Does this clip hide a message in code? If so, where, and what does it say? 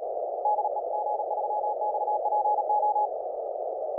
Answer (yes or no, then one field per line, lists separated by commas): yes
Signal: Morse code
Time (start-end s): 0.5-3.1 s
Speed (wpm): 37 wpm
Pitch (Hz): 840 Hz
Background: none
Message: DE G3XPO